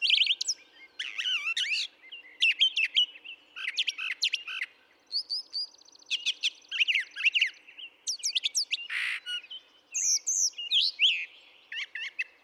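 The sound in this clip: Brown thrasher pouring out varied song phrases, clusters of sharp chirps and slurred notes, with a brief harsh buzzy note late on.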